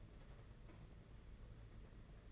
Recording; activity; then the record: daily activity, microphone in the room; take from stove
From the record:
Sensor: 4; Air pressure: 992.8 hPa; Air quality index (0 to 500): 175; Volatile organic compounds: 325 ppm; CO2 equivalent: 4534 ppm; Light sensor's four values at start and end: 4/10/4/4 and 4/10/4/4